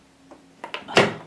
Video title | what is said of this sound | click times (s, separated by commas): What is on my desk? + getting ready for a New (old) project! McCall's M5822🎉🙌🏼 | and it will snap into place if you have it lined up correctly | 0.7 s, 1.0 s